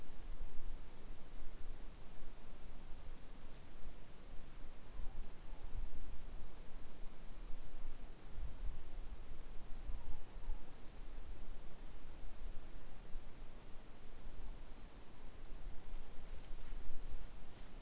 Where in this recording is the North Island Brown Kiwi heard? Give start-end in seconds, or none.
none